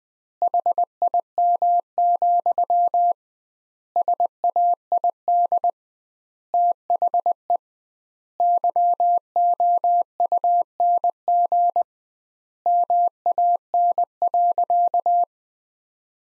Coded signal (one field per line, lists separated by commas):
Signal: Morse code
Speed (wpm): 20 wpm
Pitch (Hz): 700 Hz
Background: none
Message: HIM, SAID THE YOUNG MAN.